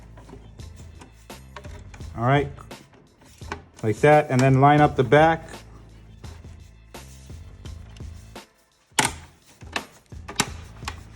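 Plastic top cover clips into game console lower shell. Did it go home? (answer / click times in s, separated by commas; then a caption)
yes / 9.0 s, 10.4 s. Someone talks while lining up the plastic top cover of an Xbox One S at the back and pressing it down onto the lower shell during an RF board and power button replacement repair. Sharp plastic clicks ring out at 9.0 s and 10.4 s as the clips snap in, and the cover is seated.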